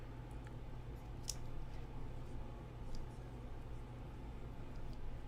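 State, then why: Seated. During a mechanical keyboard build, a key switch that was not fully seated in its plate or PCB is worked back in over a steady low hum with faint small ticks. A sharp, bright snap at 1.3 s is the switch clicking into place, leaving it pressed fully home.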